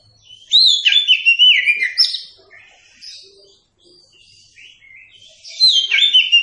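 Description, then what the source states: Oriental magpie-robin giving loud, slurred whistled phrases, a quieter passage, then another burst of high, twisting whistles. Kacer song used for training captive birds.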